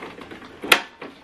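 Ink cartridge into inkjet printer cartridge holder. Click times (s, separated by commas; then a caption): 0.7 s. An ink cartridge is pushed into the cartridge holder of a Canon TS305 inkjet printer, with faint handling rustle before a sharp click at 0.7 s as it snaps home, followed by a softer knock at about 1.0 s. The cartridge is seated in the holder.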